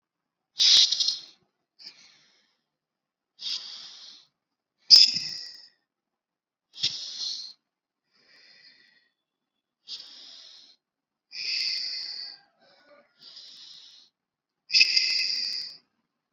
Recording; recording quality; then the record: deep breathing; excellent, no background noise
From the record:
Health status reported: recovered from COVID-19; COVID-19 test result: positive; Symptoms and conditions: fatigue, loss of smell and taste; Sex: male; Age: 34 years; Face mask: not worn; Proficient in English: yes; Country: India